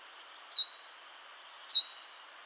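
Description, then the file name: Great tit call, two sharp down-swept notes with a slight upturn, about a second apart, faint high bird sounds behind. "Parus major"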